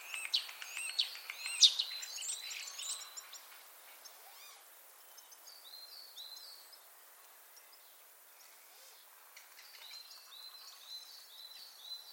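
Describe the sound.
Common starling calls, a loud burst of clicks and whistles for the first three seconds, then softer short repeated notes after a quiet gap.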